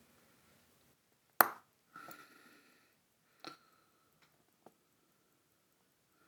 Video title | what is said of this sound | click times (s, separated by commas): Fixing a Sixties Heirloom Vintage Watch | there's a good solid click as it went on | 1.4 s